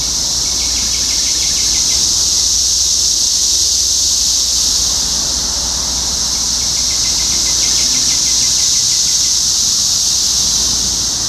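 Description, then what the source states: Cicadas in a dense, steady high-pitched buzzing chorus, with two short bursts of rapid chirping from another caller about six seconds apart. Topeka, Kansas; 14 June 2015.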